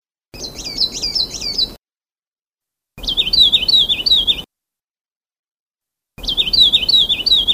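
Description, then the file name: Sulawesi leaf warbler song in three high, thin bursts of rapid wavering notes, each about one to one and a half seconds long, separated by silent gaps. "kicauan cikrak sulawesi omkicau"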